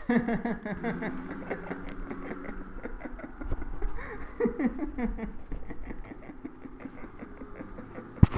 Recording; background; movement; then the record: laughter; traffic; walking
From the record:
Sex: male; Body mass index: 22.0 kg/m2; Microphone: on the chest, facing the body